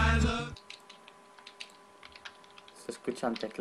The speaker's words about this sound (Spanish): Se escuchan teclados.